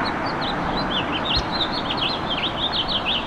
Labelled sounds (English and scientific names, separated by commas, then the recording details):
House Finch (Haemorhous mexicanus) song
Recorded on Long Island, New York, on 25 May 2011
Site FH
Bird B